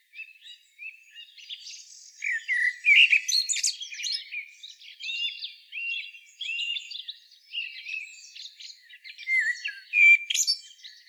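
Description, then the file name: Eurasian blackbird with a continuous run of high twittering and chirping notes, scratchy and varied, rising and falling in loudness throughout. "Turdus merula"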